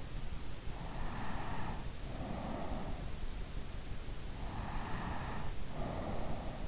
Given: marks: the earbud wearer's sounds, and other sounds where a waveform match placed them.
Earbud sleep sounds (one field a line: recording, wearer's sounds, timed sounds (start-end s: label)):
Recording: sounds in sleep by an in-ear microphone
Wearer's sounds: breath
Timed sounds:
0.87-3.27 s: breath
4.43-6.68 s: breath